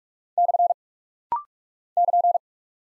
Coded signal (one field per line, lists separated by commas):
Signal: Morse code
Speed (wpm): 46 wpm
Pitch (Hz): 700 Hz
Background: none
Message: / <KN>